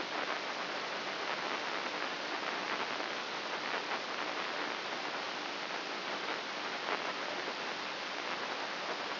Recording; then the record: brain microelectrode recording played as sound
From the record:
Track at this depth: inside the subthalamic nucleus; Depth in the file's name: 2.64 mm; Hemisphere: right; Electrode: 2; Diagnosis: Parkinson's disease